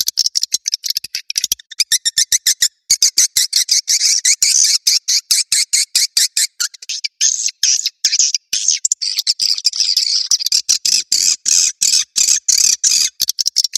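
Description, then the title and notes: Shrill swiftlet chirping in quick choppy pulses, steady and high, continuing through the whole stretch with only tiny breaks. Swiftlet sound from Asia, used in swiftlet farming to attract birds. "Swiflet Bird Sound. Farming Swiflet Bird asia sound"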